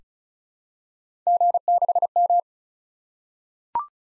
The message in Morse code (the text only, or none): G6M